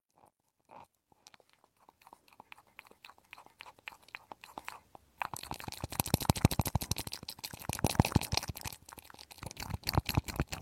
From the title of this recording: penetrating flow ear cleaning